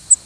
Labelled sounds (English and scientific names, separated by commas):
Cape May Warbler (Setophaga tigrina) flight call